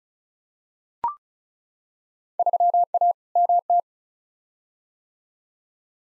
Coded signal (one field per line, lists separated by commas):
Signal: Morse code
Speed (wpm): 36 wpm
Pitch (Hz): 700 Hz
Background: none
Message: 3A MT